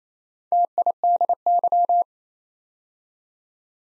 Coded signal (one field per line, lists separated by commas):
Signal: Morse code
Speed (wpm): 29 wpm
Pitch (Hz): 700 Hz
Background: none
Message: TIDY